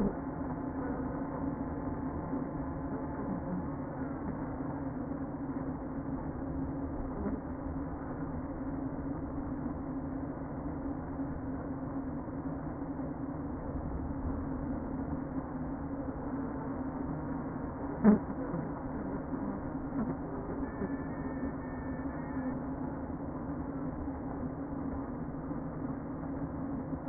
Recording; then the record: honeybee colony, microphone inside the hive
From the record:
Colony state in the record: queen present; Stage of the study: before two queens were removed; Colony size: about 60,000 bees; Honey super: yes